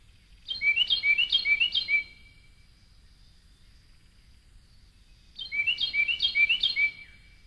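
Carolina wren song: two bursts of four quick, ringing phrases, each burst lasting about a second and a half, separated by a few seconds of quiet.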